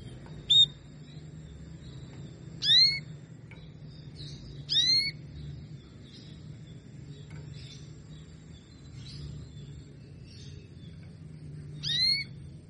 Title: Canto Para Esquentar Canário Belga. SUARA KENARI BETINA AMPUH memancing jantan malas bunyi kenari paud jadi gacor